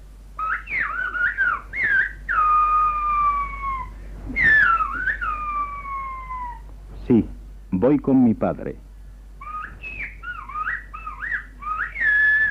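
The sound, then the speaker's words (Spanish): Shepherds of the island of La Gomera communicating with each other in whistled language: loud, piercing whistles rising and falling in pitch, trading long gliding phrases and quick warbling bursts, with a man's voice speaking briefly between them. “Estos son los pastores de la isla de La Gomera, que de esta forma, silbando, se comunican entre ellos y se cuentan sus cuitas.”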